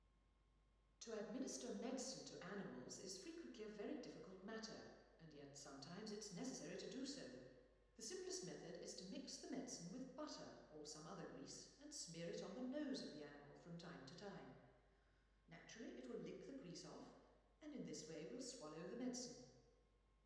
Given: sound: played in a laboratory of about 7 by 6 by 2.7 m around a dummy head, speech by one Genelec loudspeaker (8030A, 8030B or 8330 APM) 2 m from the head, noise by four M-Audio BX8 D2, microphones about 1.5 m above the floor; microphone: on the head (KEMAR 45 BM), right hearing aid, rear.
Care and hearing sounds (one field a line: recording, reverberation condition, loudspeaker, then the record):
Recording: female speech in English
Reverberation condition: high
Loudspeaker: 150 degrees to the right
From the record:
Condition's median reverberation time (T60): about 1300 ms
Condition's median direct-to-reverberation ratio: about -4.0 dB